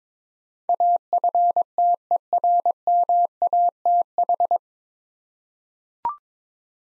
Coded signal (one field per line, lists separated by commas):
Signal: Morse code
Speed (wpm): 22 wpm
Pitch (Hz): 700 Hz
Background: none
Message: AFTERMATH